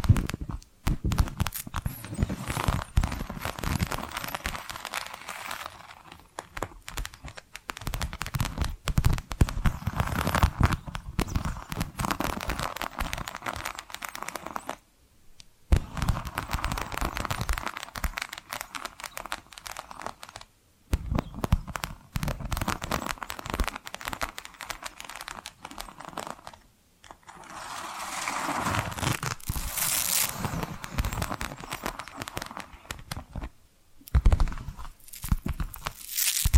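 Tapping and scratching run in dense, busy bursts of rough, crinkly texture, with quick clicks and rasps packed closely together. The activity comes in stretches separated by brief silences near 15, 21, 27 and 34 seconds, and a brighter hissing scrape stands out around 30 seconds.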